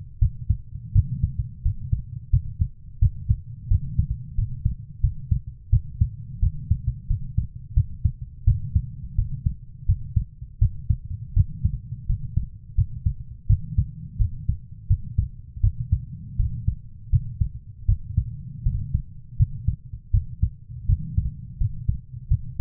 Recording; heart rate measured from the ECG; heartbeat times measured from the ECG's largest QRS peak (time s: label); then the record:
heart sounds by stethoscope; 84 bpm
0.19 s: heartbeat
0.93 s: heartbeat
1.63 s: heartbeat
2.30 s: heartbeat
2.99 s: heartbeat
3.68 s: heartbeat
4.35 s: heartbeat
5.01 s: heartbeat
5.70 s: heartbeat
6.40 s: heartbeat
7.08 s: heartbeat
7.74 s: heartbeat
8.45 s: heartbeat
9.16 s: heartbeat
9.86 s: heartbeat
10.59 s: heartbeat
11.34 s: heartbeat
12.07 s: heartbeat
12.75 s: heartbeat
13.47 s: heartbeat
14.18 s: heartbeat
14.87 s: heartbeat
15.61 s: heartbeat
16.37 s: heartbeat
17.10 s: heartbeat
17.86 s: heartbeat
18.63 s: heartbeat
19.37 s: heartbeat
20.11 s: heartbeat
20.86 s: heartbeat
21.58 s: heartbeat
22.28 s: heartbeat
From the record:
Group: healthy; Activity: rest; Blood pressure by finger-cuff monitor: 125/65 mmHg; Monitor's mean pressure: 86 mmHg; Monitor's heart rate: 84 bpm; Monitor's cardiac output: 8 L/min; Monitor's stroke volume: 96 mL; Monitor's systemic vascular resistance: 780 dyn s/cm5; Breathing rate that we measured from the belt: 24 breaths a minute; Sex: female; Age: 24 years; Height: 163 cm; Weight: 55.7 kg